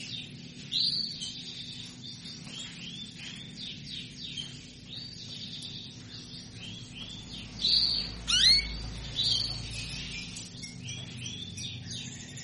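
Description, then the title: Canary song: continuous high rolling trills made of quick repeated arched notes, with a few sharp rising sweeps midway. Female canary asking to mate; played to stimulate Belgian canaries into singing. "Canto Para Esquentar Canário Belga. Suara burung kenari betina minta kawin"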